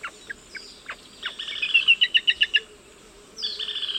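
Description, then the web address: Gray-breasted crake giving scattered sharp notes, then a tight, even series of several bright ticking notes, with a constant high insect hum behind. Ecuador. "Birds of Ecuador. Gray breasted Crake"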